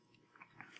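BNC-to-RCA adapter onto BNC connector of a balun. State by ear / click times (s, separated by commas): seated / 0.6 s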